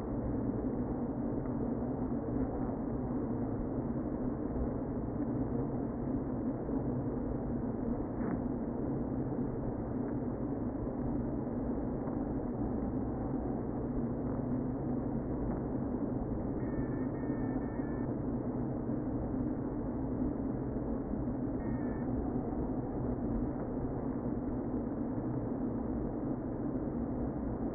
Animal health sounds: honeybee colony, microphone inside the hive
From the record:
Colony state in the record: queen present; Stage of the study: before two queens were removed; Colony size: about 60,000 bees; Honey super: yes

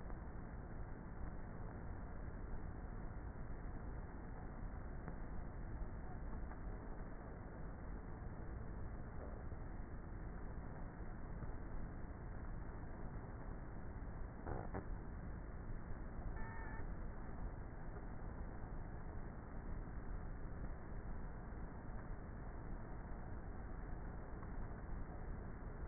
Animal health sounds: honeybee colony, microphone inside the hive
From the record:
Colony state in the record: queenless with a low population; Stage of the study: before two queens were removed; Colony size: about 30,000 bees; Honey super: no

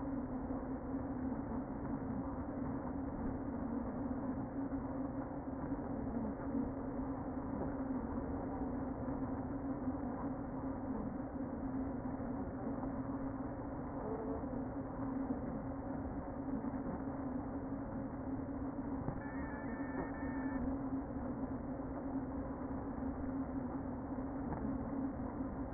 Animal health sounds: honeybee colony, microphone inside the hive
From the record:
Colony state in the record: queen present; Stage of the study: before two queens were removed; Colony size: about 60,000 bees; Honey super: yes

